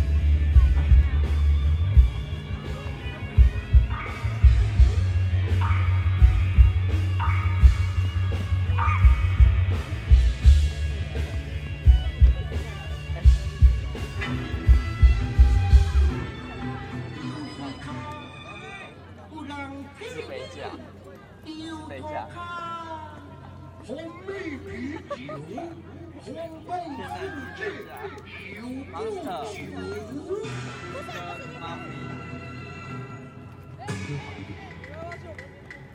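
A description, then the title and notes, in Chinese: A live recording at a music festival. For the first sixteen seconds, loud amplified music with a heavy, pulsing bass beat fills the space; then it drops away, leaving talking and crowd chatter over a quieter, lingering murmur. 錄音來自2020年漂遊者音樂祭現場收音，是真的噪音，但能讓你真實感受音樂祭的躁動與歡樂。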